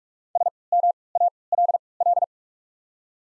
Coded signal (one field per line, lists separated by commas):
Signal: Morse code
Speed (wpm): 43 wpm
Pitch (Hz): 700 Hz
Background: none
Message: SMALL